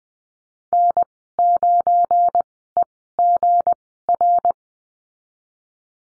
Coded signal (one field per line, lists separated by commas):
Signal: Morse code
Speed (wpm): 19 wpm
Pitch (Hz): 700 Hz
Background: none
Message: N9EGR